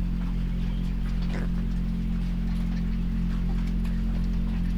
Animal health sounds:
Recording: poultry house recording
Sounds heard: sick chickens (respiratory disease)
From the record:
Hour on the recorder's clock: 5

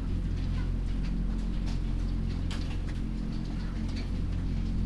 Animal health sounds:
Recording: poultry house recording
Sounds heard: sick chickens (respiratory disease)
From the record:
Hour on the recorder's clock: 20

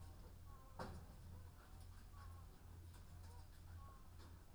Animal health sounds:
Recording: poultry house recording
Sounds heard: sick chickens (respiratory disease)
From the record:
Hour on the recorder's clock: 14

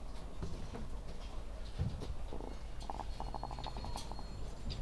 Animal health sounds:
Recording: poultry house recording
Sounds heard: sick chickens (respiratory disease)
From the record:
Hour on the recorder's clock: 14

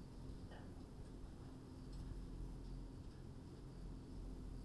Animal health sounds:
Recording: poultry house recording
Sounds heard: no chicken sound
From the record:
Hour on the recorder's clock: 21

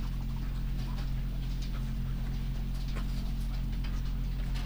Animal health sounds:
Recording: poultry house recording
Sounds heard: sick chickens (respiratory disease)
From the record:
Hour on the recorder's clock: 2

